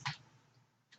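A label tape cassette is fitted into the compartment of a Brother P-touch label maker, with the tape routed out through the slot. A brief broadband burst of handling noise opens the clip, followed by near silence and then a faint, short click at 0.9 s. The cassette clicks into place and is seated.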